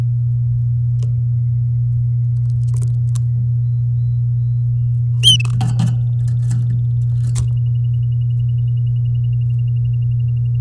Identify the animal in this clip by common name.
Domestic Canary